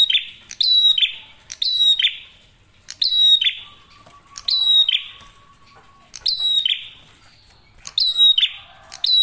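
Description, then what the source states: Prinia giving repeated high whistles that end in buzzy descending notes. A thin, lower sustained tone is heard in the middle part. Masteran tutor audio for training songbirds; prenjak merah singing actively with a clear voice.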